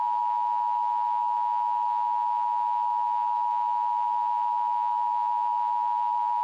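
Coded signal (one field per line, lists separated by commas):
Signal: Emergency Alert System (SAME) tones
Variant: 853 and 960 Hz attention tone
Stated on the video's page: Fictional EAS scenario, a first attempt that may contain errors.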